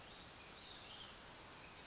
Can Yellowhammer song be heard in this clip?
no